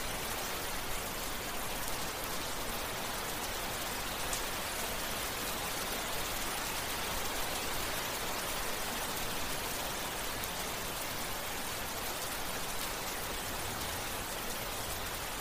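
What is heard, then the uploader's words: Gentle rain falls steadily and evenly throughout, a dense, unbroken hiss, with faint pattering of drops on a surface. The level holds constant from start to finish, with a soft low rumble underneath and no distinct thunderclaps. Distantthunder.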